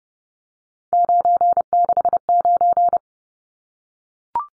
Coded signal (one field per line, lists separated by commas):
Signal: Morse code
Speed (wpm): 30 wpm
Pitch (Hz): 700 Hz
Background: none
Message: 969